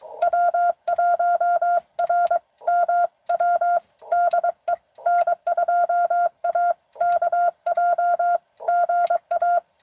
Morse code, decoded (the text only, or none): W1RMW DE N2AKJ GA